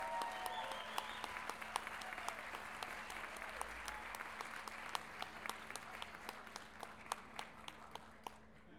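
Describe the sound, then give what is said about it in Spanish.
An audience at a payador (improvised folk verse) event in Lo Barnechea applauds steadily as a payador takes the stage, a dense wash of many hands clapping with a few sharper individual claps standing out, gradually thinning toward the end. No one speaks. “Recibamos con un fuerte aplauso a Alfonso Rubio Morales, que nos visita desde Pirque.”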